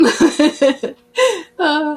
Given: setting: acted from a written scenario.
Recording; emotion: vocal sound without words; pride